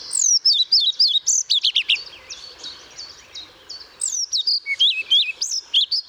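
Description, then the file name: European pied flycatcher singing two brisk phrases of high, zigzagging notes about two seconds apart, with softer birdsong in the gap. Recorded at Pähl on 1 May 2014. "Trauerschnaepper 01 05 2014 Paehl WM Michle Pron"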